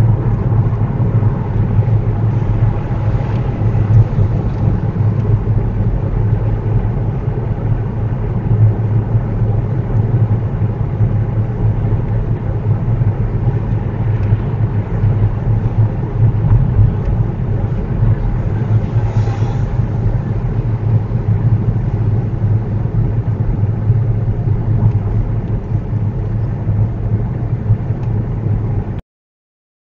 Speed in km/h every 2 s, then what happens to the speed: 39, 42, 39, 40, 40, 40, 40, 37, 37, 35, 34, 32, 32, 32, 29.
0-11 steady at about 40. 11-30 slows to 29.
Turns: none.